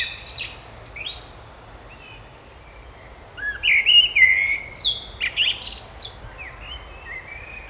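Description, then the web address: Songbirds singing: bright high chirps and whistled trills, quiet at first, then a busy burst of overlapping phrases in the second half. Birds singing in a park. "مجموعه افکت صدا حیوانات SES Animals SFX Singing Birds in Park"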